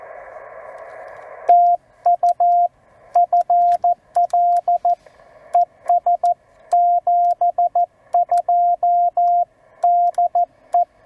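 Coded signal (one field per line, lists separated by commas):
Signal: Morse code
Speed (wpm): 14 wpm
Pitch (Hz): 690 Hz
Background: radio noise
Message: TU FL ES 72 DE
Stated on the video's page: Parks on the Air CW activation producing DX contacts, sent with the host's key on the host's radio and antenna.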